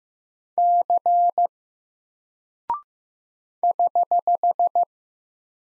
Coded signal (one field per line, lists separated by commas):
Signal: Morse code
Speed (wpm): 15 wpm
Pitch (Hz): 700 Hz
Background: none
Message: C <HH>